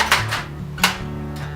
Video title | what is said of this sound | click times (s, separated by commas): Nerf Doominator Review | that click afterwards that was the cylinder actually locking into place and | 0.8 s